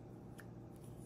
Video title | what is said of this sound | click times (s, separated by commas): How Loaned Knives May Get Returned! | Doesn't even really lock into place. You don't hear a snap anymore. | 0.4 s